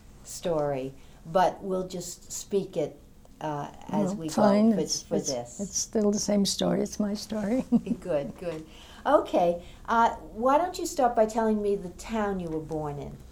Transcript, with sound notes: story, but we'll just speak it as we go.
Fine. It's still the same story. It's my story. ( she laughs )
Good, good. Okay. Why don't you start by telling me the town you were born in?